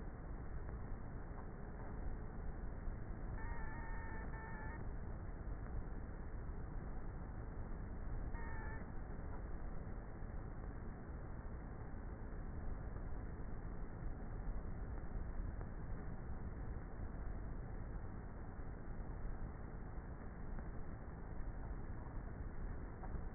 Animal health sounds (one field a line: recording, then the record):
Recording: honeybee colony, microphone inside the hive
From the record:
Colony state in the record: queenless with a low population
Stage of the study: before two queens were removed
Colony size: about 30,000 bees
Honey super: no